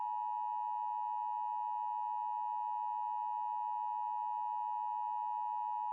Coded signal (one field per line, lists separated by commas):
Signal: Emergency Alert System (SAME) tones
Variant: 853 and 960 Hz attention tone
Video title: Joplin Catastrophe. An EAS Mock.